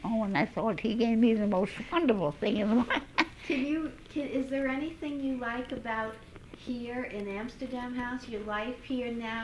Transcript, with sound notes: Oh, and I thought he gave me the most wonderful thing in the world. ( she laughs )
Can you, is there anything you like about here in Amsterdam House, your life here now?